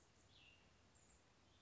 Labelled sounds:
Cassin's Vireo (Vireo cassinii)
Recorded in Sonoma County, California

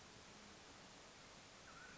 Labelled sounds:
Mountain Quail (Oreortyx pictus)
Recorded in Sonoma County, California

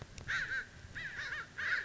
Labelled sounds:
American Crow (Corvus brachyrhynchos)
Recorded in Sonoma County, California

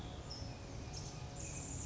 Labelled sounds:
California Towhee (Melozone crissalis)
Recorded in Sonoma County, California

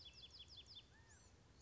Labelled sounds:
California Quail (Callipepla californica)
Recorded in Sonoma County, California

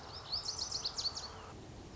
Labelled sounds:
Lazuli Bunting (Passerina amoena)
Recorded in Sonoma County, California

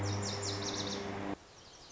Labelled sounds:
Lazuli Bunting (Passerina amoena)
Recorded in Sonoma County, California

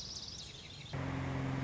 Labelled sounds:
Lazuli Bunting (Passerina amoena)
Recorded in Sonoma County, California

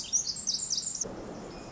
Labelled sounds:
Pacific Wren (Troglodytes pacificus)
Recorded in Sonoma County, California

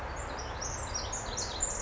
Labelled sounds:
Pacific Wren (Troglodytes pacificus)
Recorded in Sonoma County, California

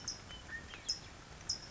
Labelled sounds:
California Towhee (Melozone crissalis)
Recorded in Sonoma County, California

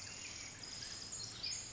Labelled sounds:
Pacific Wren (Troglodytes pacificus)
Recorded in Sonoma County, California

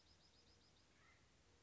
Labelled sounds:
Acorn Woodpecker (Melanerpes formicivorus)
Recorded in Sonoma County, California

